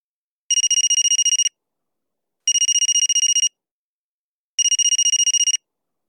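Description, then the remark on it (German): A telephone rings three times, each ring a bright, rapidly pulsing electronic trill lasting about a second, separated by even pauses of silence. No one speaks. “Jetzt hörst du das zweite Telefongespräch.”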